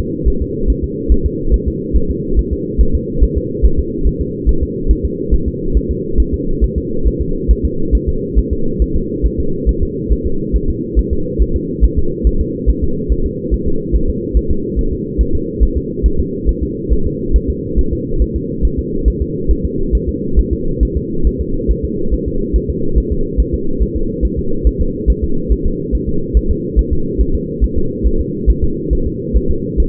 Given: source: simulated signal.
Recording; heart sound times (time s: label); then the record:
fetal heart sounds
0.28 s: S1
0.42 s: S2
0.70 s: S1
0.84 s: S2
1.12 s: S1
1.26 s: S2
1.54 s: S1
1.68 s: S2
1.96 s: S1
2.10 s: S2
2.39 s: S1
2.53 s: S2
2.81 s: S1
2.95 s: S2
3.23 s: S1
3.38 s: S2
3.65 s: S1
3.79 s: S2
4.07 s: S1
4.21 s: S2
4.49 s: S1
4.63 s: S2
4.91 s: S1
5.05 s: S2
5.34 s: S1
5.48 s: S2
5.77 s: S1
5.91 s: S2
6.20 s: S1
6.34 s: S2
6.64 s: S1
6.78 s: S2
7.07 s: S1
7.22 s: S2
7.51 s: S1
7.65 s: S2
7.95 s: S1
8.09 s: S2
8.38 s: S1
8.53 s: S2
8.82 s: S1
8.96 s: S2
9.26 s: S1
9.40 s: S2
9.69 s: S1
9.83 s: S2
10.12 s: S1
10.27 s: S2
10.56 s: S1
10.70 s: S2
10.99 s: S1
11.13 s: S2
11.42 s: S1
11.56 s: S2
11.84 s: S1
11.99 s: S2
12.27 s: S1
12.41 s: S2
12.69 s: S1
12.84 s: S2
13.12 s: S1
13.26 s: S2
13.54 s: S1
13.68 s: S2
13.96 s: S1
14.10 s: S2
14.37 s: S1
14.51 s: S2
14.79 s: S1
14.93 s: S2
15.21 s: S1
15.35 s: S2
15.63 s: S1
15.77 s: S2
16.06 s: S1
16.20 s: S2
16.49 s: S1
16.63 s: S2
16.93 s: S1
17.07 s: S2
17.36 s: S1
17.50 s: S2
17.79 s: S1
17.93 s: S2
18.22 s: S1
18.36 s: S2
18.65 s: S1
18.79 s: S2
19.08 s: S1
19.22 s: S2
19.51 s: S1
19.65 s: S2
19.95 s: S1
20.09 s: S2
20.39 s: S1
20.53 s: S2
20.83 s: S1
20.97 s: S2
21.27 s: S1
21.41 s: S2
21.71 s: S1
21.85 s: S2
22.14 s: S1
22.28 s: S2
22.56 s: S1
22.70 s: S2
22.98 s: S1
23.12 s: S2
23.40 s: S1
23.54 s: S2
23.82 s: S1
23.97 s: S2
24.25 s: S1
24.39 s: S2
24.67 s: S1
24.81 s: S2
25.10 s: S1
25.24 s: S2
25.52 s: S1
25.66 s: S2
25.95 s: S1
26.09 s: S2
26.37 s: S1
26.51 s: S2
26.79 s: S1
26.93 s: S2
27.21 s: S1
27.35 s: S2
27.64 s: S1
27.78 s: S2
28.06 s: S1
28.21 s: S2
28.50 s: S1
28.64 s: S2
28.93 s: S1
29.07 s: S2
29.37 s: S1
29.51 s: S2
29.80 s: S1
From the record:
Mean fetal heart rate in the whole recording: 140 bpm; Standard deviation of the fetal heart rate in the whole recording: 2 bpm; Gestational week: 34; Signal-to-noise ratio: -8.1 dB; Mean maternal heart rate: 72 bpm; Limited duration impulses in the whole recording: absent